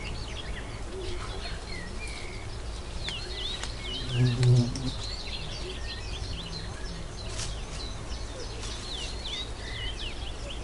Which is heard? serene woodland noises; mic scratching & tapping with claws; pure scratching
serene woodland noises